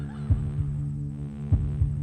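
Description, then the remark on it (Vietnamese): A slow heartbeat sound effect in a Halloween cemetery horror story: two heavy low lub-dub thumps spaced about a second apart, riding over a constant droning hum, with no voices. “Anh nghe tiếng tim mình đập, nghe cả tiếng thở hắt ra của chính mình.”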